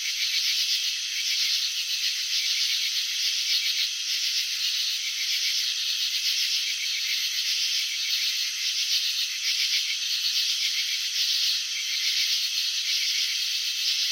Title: Crickets in Slow Motion 📷. Capturing the Elegance of Chirping